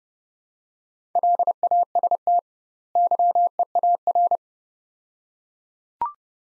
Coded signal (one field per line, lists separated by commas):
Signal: Morse code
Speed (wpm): 31 wpm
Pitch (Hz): 700 Hz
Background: none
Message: LAST YEAR